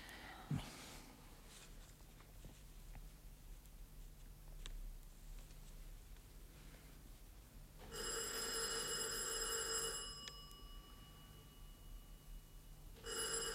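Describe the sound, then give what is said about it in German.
A doorbell, rung by a man at the door, rings loudly with a bright, shrill metallic jangle lasting about two seconds, then sounds again briefly at the end, over a faint low hum with no talking. “Am Ende hat er schon früher geläutet und wir haben es gar nicht gemerkt.”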